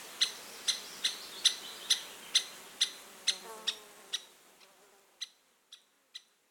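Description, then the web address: Lesser spotted woodpecker giving a series of sharp, high, piping notes about twice a second. The run weakens partway, then a few spaced notes follow. Recorded 3 June 2023. "fagelljud 20230603 mindre hackspett"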